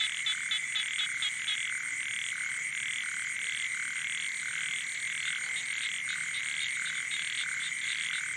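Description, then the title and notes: Frogs and toads: frogs croaking in a busy chorus, quick pulsed calls layered over a continuous high-pitched hum. Night chorus on the shore of Boeng Thum lake, Cambodia, around 23:00 on 12 December 2018, as human noise gives way to wildlife. "Soirée aux batraciens - Cambodge. 12 décembre 2018 Sur le bord du lac "Boeng Thum" vers 23h00 au moment ou le silence des hommes laisse place au monde sauvage"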